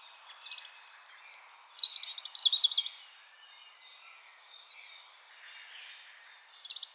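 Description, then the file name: European robin song, a burst of high warbled notes and trills for about two seconds, then softer faint bird notes in the background. "Erithacus rubecula"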